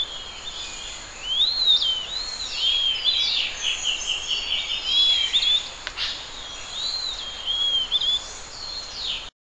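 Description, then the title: Bird song, high whistled slurred phrases repeated throughout, fairly continuous over a steady hiss. "LuckyPassaro Completos2Sama"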